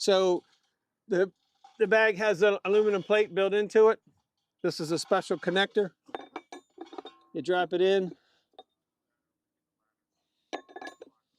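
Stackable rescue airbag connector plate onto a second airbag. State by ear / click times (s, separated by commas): not seated / none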